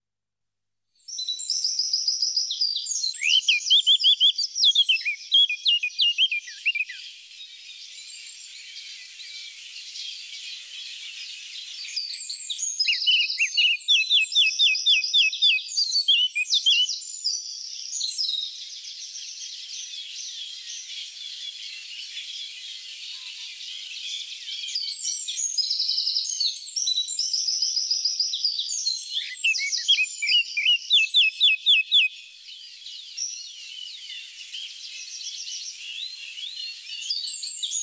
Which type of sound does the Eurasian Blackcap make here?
song